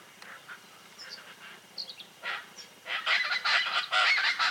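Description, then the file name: Chaco chachalaca calls building from scattered harsh notes into a loud, continuous run of raucous, rhythmic grating calls. "charata voz"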